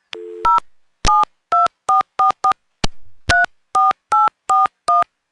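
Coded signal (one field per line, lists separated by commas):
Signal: DTMF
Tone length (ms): 160 ms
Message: 0 72444 34841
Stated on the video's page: Audio recorded on site at central office controlled pay phones, somewhat broken, of a small independent telephone company.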